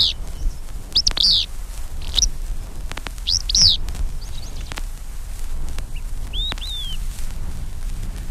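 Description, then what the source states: Alder Flycatcher calls: several quick, high slurred notes early on, then a single longer whistle that rises and falls, over a low background hum. Northern race calls 'phoebeo', southern race calls 'fits view'.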